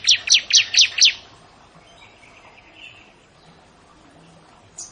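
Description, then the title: Prinia song: five loud, sharp, downward-slurred high chips in quick succession, followed by faint quieter notes and background noise. "Ciblek Sawah"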